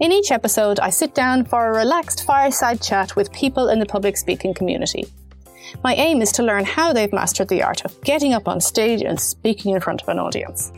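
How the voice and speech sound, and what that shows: One adult woman speaks clearly and fluently at an easy pace, with no audible voice or speech problem.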